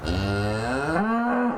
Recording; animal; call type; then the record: contact call of a hoofed animal; cattle; low-frequency (closed-mouth) or high-frequency (open-mouth) call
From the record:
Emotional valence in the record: negative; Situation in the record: full separation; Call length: 1.58 s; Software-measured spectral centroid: 1630 Hz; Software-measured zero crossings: 1500 a second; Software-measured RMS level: -24 dBFS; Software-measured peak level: -10 dBFS